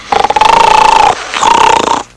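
An adult snoring: two loud, buzzing inhalation snores with a rapid fluttering pulsation and a steady tonal component near 800–900 Hz.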